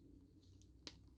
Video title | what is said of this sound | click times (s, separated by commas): Super 7 Silverhawks Ultimates: Sergeant Steelheart Deluxe Action Figure, Bust It Open Review | there we go you heard it pop in right that's what I like they pop in to let you know that um | 0.9 s